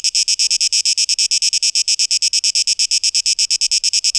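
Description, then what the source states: Cicada song: a loud, high, hissing buzz broken into rapid, even pulses throughout. Recorded 12 August 2023.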